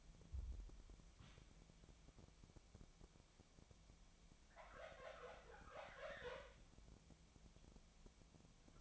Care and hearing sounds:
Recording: daily activity, microphone in the room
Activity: wipe stove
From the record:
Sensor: 1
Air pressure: 1007.1 hPa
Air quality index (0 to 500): 205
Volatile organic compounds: 22 ppm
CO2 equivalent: 2760 ppm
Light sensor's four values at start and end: 13/33/13/15 and 13/33/13/14

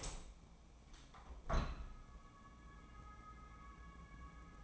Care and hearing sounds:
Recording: daily activity, microphone in the room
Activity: open window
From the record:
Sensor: 1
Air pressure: 1012.4 hPa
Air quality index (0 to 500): 169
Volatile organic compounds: 3 ppm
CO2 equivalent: 1377 ppm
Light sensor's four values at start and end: 222/510/226/248 and 221/506/224/246

